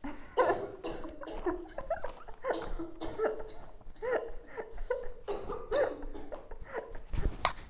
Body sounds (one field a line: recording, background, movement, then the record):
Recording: laughter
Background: a bystander coughing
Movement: sitting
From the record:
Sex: female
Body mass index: 18.8 kg/m2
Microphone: on the chest, facing outward